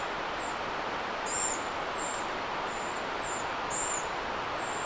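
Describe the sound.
Tit berrypecker calling with brief, thin, high whistles repeated several times, some sharper and louder, over a constant hissing background.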